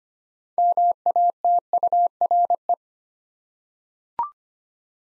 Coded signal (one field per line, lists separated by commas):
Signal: Morse code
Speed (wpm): 25 wpm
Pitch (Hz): 700 Hz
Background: none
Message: MATURE